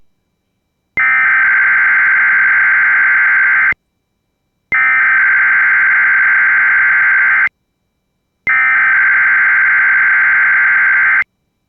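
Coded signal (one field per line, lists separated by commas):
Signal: Emergency Alert System (SAME) tones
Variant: header bursts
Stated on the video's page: Hawaii tsunami watch alert relayed via station WJON, from a live stream recording.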